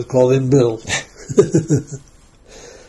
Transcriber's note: laughing